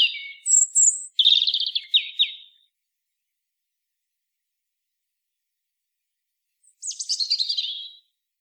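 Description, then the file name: European robin with high whistled notes leading into a descending, rippling warble, then about four seconds of silence and another bright, fast warbled phrase. "Erithacus rubecula"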